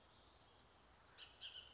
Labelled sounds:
Bullock's Oriole (Icterus bullockii)
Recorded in Sonoma County, California

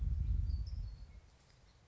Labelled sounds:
California Towhee (Melozone crissalis)
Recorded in Sonoma County, California

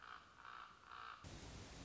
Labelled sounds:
Common Raven (Corvus corax)
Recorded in Sonoma County, California

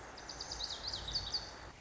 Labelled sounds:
Lazuli Bunting (Passerina amoena)
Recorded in Sonoma County, California

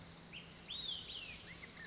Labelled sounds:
Olive-sided Flycatcher (Contopus cooperi)
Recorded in Sonoma County, California

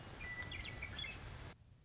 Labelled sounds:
Western Meadowlark (Sturnella neglecta)
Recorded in Sonoma County, California

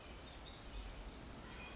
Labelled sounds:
Pacific Wren (Troglodytes pacificus)
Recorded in Sonoma County, California

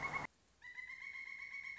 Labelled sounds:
Pileated Woodpecker (Dryocopus pileatus)
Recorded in Sonoma County, California

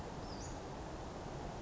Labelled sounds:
Western Flycatcher (Empidonax difficilis)
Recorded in Sonoma County, California

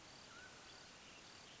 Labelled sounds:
Mountain Quail (Oreortyx pictus)
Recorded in Sonoma County, California

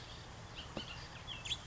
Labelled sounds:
Bullock's Oriole (Icterus bullockii)
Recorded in Sonoma County, California

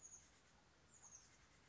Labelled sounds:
Chestnut-backed Chickadee (Poecile rufescens)
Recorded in Sonoma County, California

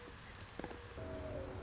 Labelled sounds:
Mourning Dove (Zenaida macroura)
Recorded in Sonoma County, California

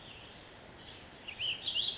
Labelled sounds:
Ash-throated Flycatcher (Myiarchus cinerascens)
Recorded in Sonoma County, California

